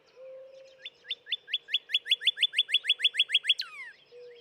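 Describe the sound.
Northern cardinal song: a fast, steady series of loud slurred whistles, over three a second, finishing with a long falling slide; low humming tones before and after.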